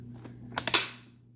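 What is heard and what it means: The plastic lid of a VS6610 Compact Food Vacuum Sealer is pressed down onto its base until it locks. Three sharp clicks sound at 0.6, 0.7 and 0.7 seconds, the last the loudest, over a faint steady low hum. The lid latches with a hard click and is seated.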